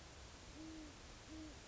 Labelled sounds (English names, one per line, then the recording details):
Great Horned Owl
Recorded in Sonoma County, California